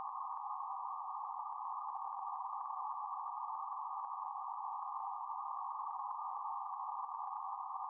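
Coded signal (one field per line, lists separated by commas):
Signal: PSK31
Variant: BPSK31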